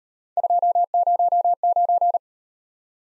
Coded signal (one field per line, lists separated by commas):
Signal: Morse code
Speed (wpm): 38 wpm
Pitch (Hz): 700 Hz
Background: none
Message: 209